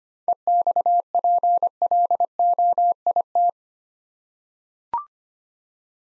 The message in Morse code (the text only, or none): EXPLOIT